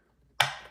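A 3D printed plastic fitting with a couple of knobs is pushed into the pump and hose outlet of a Clean-Up Buddy 12V cleanup sluice conversion kit. After near silence, a single sharp tick sounds at 0.4 s, then decays quickly. The fitting pops in and is seated.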